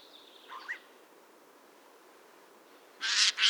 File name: Garrulus glandarius